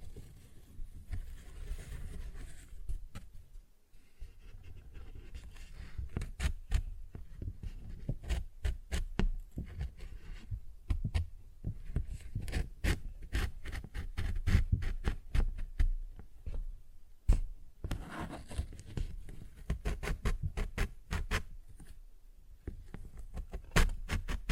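A paper bag is tapped and scratched in quick, irregular bursts, with sharp crisp clicks scattered densely across most of the clip. Low thumping underlies the taps throughout. Brief lulls come near four seconds and again around seventeen and twenty-two seconds.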